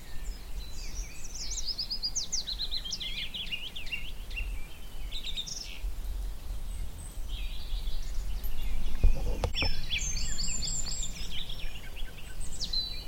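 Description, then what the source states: Garden warbler warbling in bursts of fast fluted notes with short gaps, a sharp knock midway, and steady low rumble throughout. Male, migrant; spring, scrubby hillside as hawthorns burst into white bloom; fluted, frenetic song.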